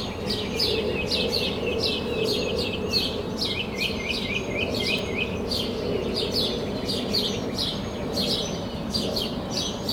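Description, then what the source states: Birds chirping and tweeting continuously from several singers, including a brief fast series of repeated notes, with a low steady hum underneath. Recorded at sunrise from a balcony in Denton, Texas.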